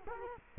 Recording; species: mosquito wingbeat signal from an infrared sensor; Culex quinquefasciatus